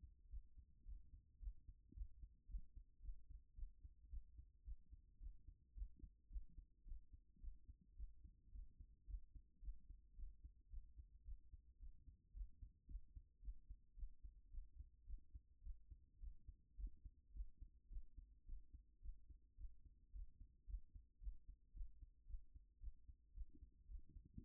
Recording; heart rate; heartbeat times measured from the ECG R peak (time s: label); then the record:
heart sounds by stethoscope; 110 bpm
0.29 s: heartbeat
0.84 s: heartbeat
1.39 s: heartbeat
1.93 s: heartbeat
2.47 s: heartbeat
3.01 s: heartbeat
3.54 s: heartbeat
4.09 s: heartbeat
4.63 s: heartbeat
5.18 s: heartbeat
5.73 s: heartbeat
6.28 s: heartbeat
6.84 s: heartbeat
7.39 s: heartbeat
7.95 s: heartbeat
8.50 s: heartbeat
9.06 s: heartbeat
9.60 s: heartbeat
10.15 s: heartbeat
10.69 s: heartbeat
11.23 s: heartbeat
11.78 s: heartbeat
12.32 s: heartbeat
12.86 s: heartbeat
13.40 s: heartbeat
13.95 s: heartbeat
14.50 s: heartbeat
15.05 s: heartbeat
15.62 s: heartbeat
16.19 s: heartbeat
16.76 s: heartbeat
17.32 s: heartbeat
17.88 s: heartbeat
18.44 s: heartbeat
19.00 s: heartbeat
19.56 s: heartbeat
20.11 s: heartbeat
20.65 s: heartbeat
21.19 s: heartbeat
21.72 s: heartbeat
22.26 s: heartbeat
22.79 s: heartbeat
23.33 s: heartbeat
23.87 s: heartbeat
24.40 s: heartbeat
From the record:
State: after exercise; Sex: female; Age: 24 years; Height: 178 cm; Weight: 71 kg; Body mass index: 22.41